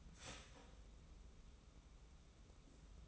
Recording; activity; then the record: daily activity, microphone in the room; start toaster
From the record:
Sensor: 1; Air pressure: 994.3 hPa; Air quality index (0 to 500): 224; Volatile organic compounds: 1000 ppm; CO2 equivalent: 8026 ppm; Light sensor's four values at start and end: 130/299/132/145 and 130/299/132/145